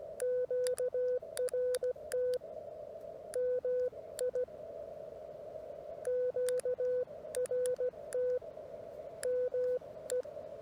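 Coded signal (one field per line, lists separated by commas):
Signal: Morse code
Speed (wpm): 17 wpm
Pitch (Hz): 500 Hz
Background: radio noise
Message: QRT MI QRT ME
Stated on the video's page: Parks on the Air CW activation, used as copying practice.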